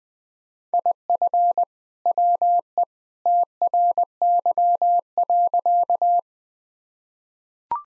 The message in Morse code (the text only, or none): IF WE TRY.